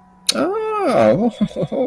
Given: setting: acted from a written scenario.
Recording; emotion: vocal sound without words; positive surprise